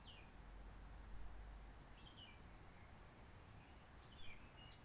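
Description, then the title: Réunion bulbul singing brief descending whistled notes, a few soft phrases scattered throughout, against constant low background rumble and a faint high-pitched hiss. Roche Merveilleuse, Réunion; forest quiet since 19 March 2020 lockdown, no people, microlights or helicopters; sunny blue sky; birds not very active; bulbul singing simpler short phrases, adapted to past noise pollution. "Roche Merveilleuse, Réunion - Merle de lîle de la Réunion."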